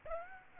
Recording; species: mosquito wingbeat signal from an infrared sensor; Aedes aegypti